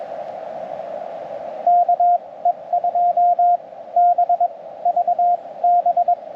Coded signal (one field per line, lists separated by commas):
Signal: Morse code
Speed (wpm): 22 wpm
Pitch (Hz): 700 Hz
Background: radio noise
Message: KE2BVB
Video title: First Time CQ on CW!